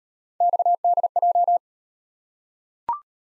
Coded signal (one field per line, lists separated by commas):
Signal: Morse code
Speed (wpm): 36 wpm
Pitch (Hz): 700 Hz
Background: none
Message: XDJ